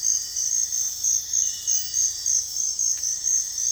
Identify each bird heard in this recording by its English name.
none